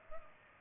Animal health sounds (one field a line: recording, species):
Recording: mosquito wingbeat signal from an infrared sensor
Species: Culex pipiens